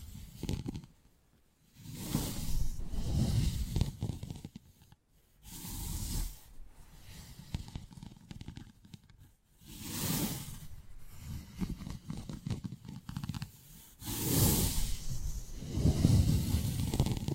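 Ear picking with props, heard as bursts of scratchy, rustling friction that come in waves of a few seconds each, separated by brief near-silent gaps around 1, 5, 9 and 14 seconds. Each burst pairs a low rumbling scrape with a bright crackly hiss.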